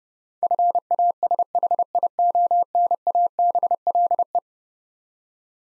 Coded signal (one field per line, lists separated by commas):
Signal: Morse code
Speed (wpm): 32 wpm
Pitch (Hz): 700 Hz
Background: none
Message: FASHIONABLE